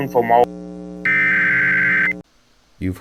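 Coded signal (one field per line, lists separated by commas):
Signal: Emergency Alert System (SAME) tones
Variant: header bursts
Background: speech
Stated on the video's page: Fictional EAS scenario, not a real alert.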